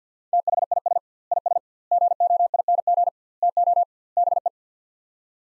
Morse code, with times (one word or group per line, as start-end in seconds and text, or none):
0.3-1.0 THIS
1.3-1.6 IS
1.9-3.1 GOING
3.4-3.8 TO
4.2-4.5 BE